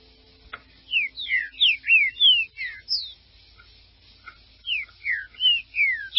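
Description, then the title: Green-winged saltator song: quick runs of loud, clear downslurred whistles, one burst of several notes, a pause, then a few more, over a quiet background. "Trinca Ferro"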